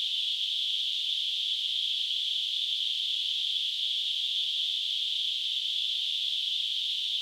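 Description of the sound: Simulated tinnitus: a steady, unbroken high-pitched hissing tone in a narrow band around 3–4 kHz, holding the same loudness throughout with no low-frequency content.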